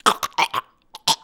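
A rapid run of about four harsh, breathy cough bursts, then a brief pause and two more strained, retching-sounding bursts, all within about a second. It is a coughing fit with gagging from a man, made as a sound effect.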